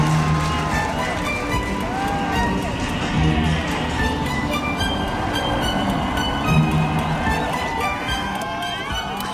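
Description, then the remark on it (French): A dense crowd sings La Marseillaise together in unison over the steady rumble and rattle of a metro train in Paris, around 11 pm on Sunday 10 May 1981, voices loud and overlapping throughout with continuous mechanical noise underneath. “Dans le métro, les gens chantent en chœur la Marseillaise.”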